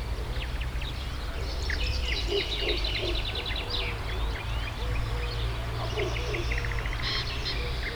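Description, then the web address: A chorus of birds chatters with overlapping chirps and rapid trills, above a steady low rumble and low repeated notes. Hortobágy fishponds, Hungary, 2014; at the inner terminal station of the narrow-gauge railway; diverse birdlife. "hanggyujtemeny kisvasut hortobagyihalastavak 2014 termeszet sokszinumadarvilag belsovegallomas"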